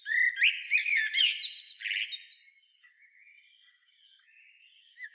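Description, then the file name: Common blackbird gives a warbling phrase with a squeaky tail, followed by soft, faint twittering notes. "Turdus merula"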